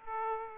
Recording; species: mosquito wingbeat signal from an infrared sensor; Aedes aegypti